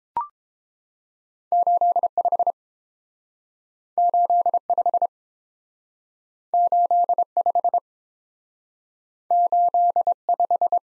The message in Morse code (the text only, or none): 85 85 85 85